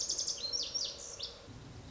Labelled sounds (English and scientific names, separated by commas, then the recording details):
Lazuli Bunting (Passerina amoena)
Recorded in Sonoma County, California